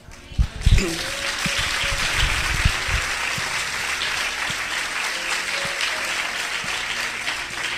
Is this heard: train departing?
no